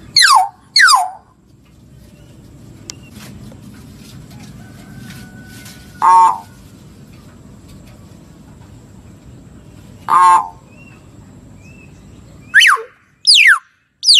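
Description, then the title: Lovebird calls: shrill falling shrieks, a pair at the start and three at the end, with two harsh buzzy screeches between, over a low steady background hum. Lovebird lure call used for trapping birds. "PIKAT BURUNG LOVEBIRD"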